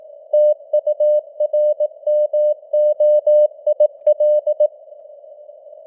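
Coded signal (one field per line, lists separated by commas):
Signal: Morse code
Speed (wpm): 18 wpm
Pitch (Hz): 600 Hz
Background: none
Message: TURMOIL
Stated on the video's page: Morse news headlines at 18 wpm with simulated radio noise and varying signal strength (QSB).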